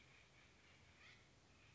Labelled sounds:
Acorn Woodpecker (Melanerpes formicivorus)

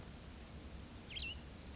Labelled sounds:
Cassin's Vireo (Vireo cassinii)

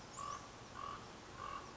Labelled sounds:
Common Raven (Corvus corax)

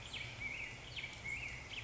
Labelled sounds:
Black-headed Grosbeak (Pheucticus melanocephalus)

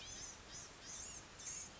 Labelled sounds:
Blue-gray Gnatcatcher (Polioptila caerulea)

